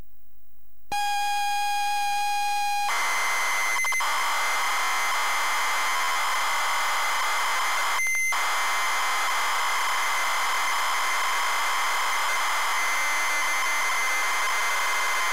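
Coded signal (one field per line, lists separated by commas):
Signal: ZX Spectrum tape loading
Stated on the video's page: Rick Dangerous loaded on a ZX Spectrum +3 from a WH Smith CPD8300 cassette player.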